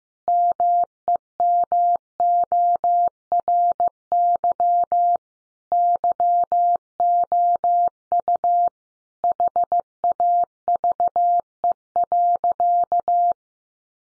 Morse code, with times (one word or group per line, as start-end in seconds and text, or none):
0.3-5.2 MEMORY
5.7-8.7 YOU
9.2-13.3 HAVE.